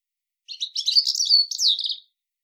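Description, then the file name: European robin song phrase, a rapid jumble of thin high twittering notes and a descending silvery trill lasting about a second and a half, no other sounds. "Erithacus rubecula"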